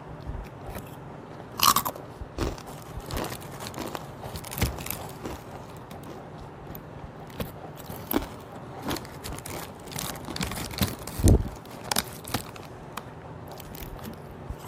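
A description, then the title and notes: Someone eats chips, with sharp crunchy bites scattered irregularly through the fifteen seconds, the loudest around 2 and 11 seconds. Between bites there is softer crackling chewing over a low, steady background rumble. An asmr video of eating chips.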